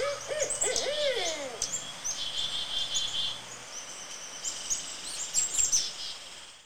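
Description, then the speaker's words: Barred Owl calls: a few wavering, downward-sliding calls in the opening seconds, then high insect trilling continues. Played example of the call the hosts heard. "That is a barred owl."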